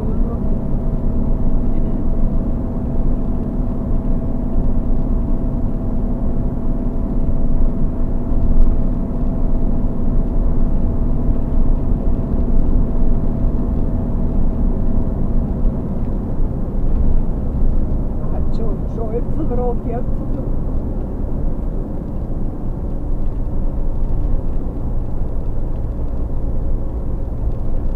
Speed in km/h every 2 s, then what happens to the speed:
70, 70, 70, 72, 72, 72, 70, 70, 68, 66, 62, 61, 59, 59.
0-11 steady at about 70. 11-28 slows to 59.